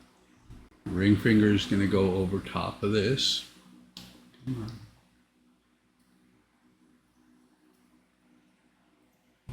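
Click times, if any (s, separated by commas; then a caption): none. Someone talks while pressing the ring finger and hand part of a plastic Fanhome Spider-Man (Iron Spider) model figure onto its post and tab, straining, with brief sharp sounds near 4.0 and 4.3 s, then near silence. Nothing has clicked or locked into place yet, because no screw has been fitted.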